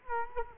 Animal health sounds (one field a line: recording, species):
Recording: mosquito wingbeat signal from an infrared sensor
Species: Culex quinquefasciatus